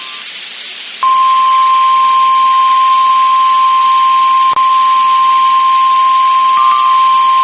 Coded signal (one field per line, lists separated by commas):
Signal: Emergency Alert System (SAME) tones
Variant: 1050 Hz attention tone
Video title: Severe T-Storm Warning for my Area (EAS 1.4K)